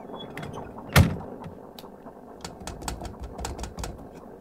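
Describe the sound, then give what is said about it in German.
A submarine hatch slams shut before the submarine dives below the water surface, with a single heavy metallic clang, followed by a run of sharp, uneven mechanical clicks and clanks as it is secured. No one speaks. “Komm, Luke, schließen.”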